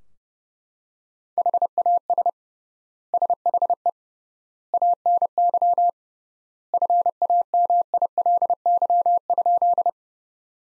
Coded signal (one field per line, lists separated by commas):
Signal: Morse code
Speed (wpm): 30 wpm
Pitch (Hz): 700 Hz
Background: none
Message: HAS SHE ANY FAMILY?